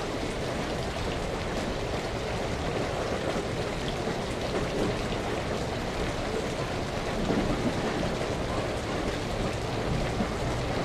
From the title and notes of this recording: Serene rainstorm sounds. Soothing rain shower sounds.